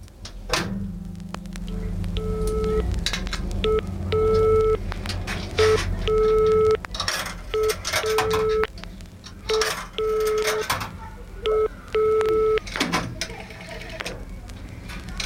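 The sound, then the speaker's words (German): A phone line in an old phone booth plays a repeating pattern of steady electronic beeps, a number-not-in-service tone, broken up by clunky handling and dialing clatter from the receiver and keypad. “Ich glaube, das ist noch eine alte Telefonzelle. Kein Anschluss unter dieser Nummer.”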